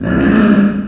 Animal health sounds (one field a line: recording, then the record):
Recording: squeal of a Yucatan mini pig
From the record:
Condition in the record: after surgery on the right vocal fold (resection and tissue-engineered implant)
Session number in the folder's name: 7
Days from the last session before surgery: 47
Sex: female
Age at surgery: 19 weeks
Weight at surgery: 25 kg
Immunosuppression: prednisolone